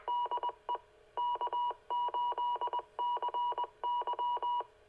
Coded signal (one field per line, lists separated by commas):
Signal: Morse code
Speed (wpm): 20 wpm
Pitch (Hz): 970 Hz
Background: none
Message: DE K8CY